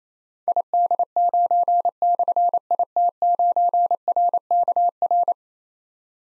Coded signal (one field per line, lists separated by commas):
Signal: Morse code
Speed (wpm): 29 wpm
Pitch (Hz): 700 Hz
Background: none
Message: ID9/IT9RKR